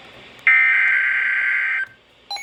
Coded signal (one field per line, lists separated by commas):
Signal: Emergency Alert System (SAME) tones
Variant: header bursts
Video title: CALM BEFORE THE STORM... (EAS Alerts from June 2024) [EAS 358-385]